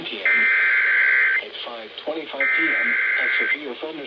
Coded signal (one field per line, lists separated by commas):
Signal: Emergency Alert System (SAME) tones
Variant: header bursts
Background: speech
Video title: EAS #964 & #965 Severe Thunderstorm Warnings